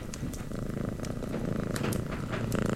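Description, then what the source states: Domestic cat purring in a steady low rumble throughout, with a few soft breathy bursts and light rustling scattered through. Cat meowing, purring and behaving affectionately.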